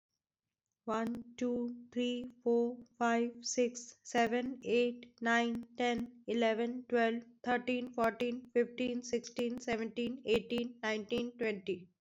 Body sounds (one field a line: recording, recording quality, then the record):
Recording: counting at a normal pace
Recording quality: excellent, no background noise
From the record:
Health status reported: COVID-19 positive, mild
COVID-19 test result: positive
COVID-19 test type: RT-PCR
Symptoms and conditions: cough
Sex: female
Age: 29 years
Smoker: no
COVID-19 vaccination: both doses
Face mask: not worn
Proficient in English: yes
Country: India